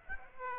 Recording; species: mosquito wingbeat signal from an infrared sensor; Aedes aegypti